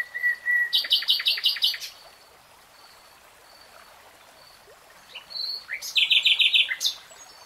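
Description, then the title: Nightingale song: a level whistle followed by a fast rattling series of notes, pause with faint whistles, then another rattling burst. Nightingale singing in real time. "[Tiếng chim hót] 3 Hours REALTIME Nightingale Singing"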